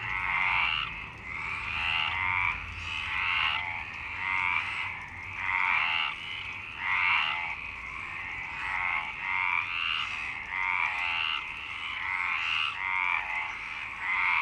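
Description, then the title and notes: Frogs croak in a dense chorus, rapid rasping pulses overlapping without break, with louder bursts at intervals. Frogs in Parc Longchamp, Marseille, Provence-Alpes-Côte d'Azur, France, 26 March 2011 at 19:35, recorded with a MixPre-6 and Basic UCHO. "Marseille, Provence-Alpes-Côte d'Azur, France - 26_03_11_19_35 Longchamps_004 grenouilles. Grenouilles au parc de Longchamp MIXPRE 6 + BASIC UCHO"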